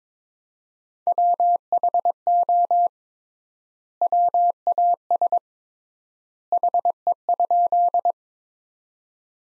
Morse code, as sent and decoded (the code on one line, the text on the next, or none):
.-- .... --- / .-- .- ... / .... . ..--..
WHO WAS HE?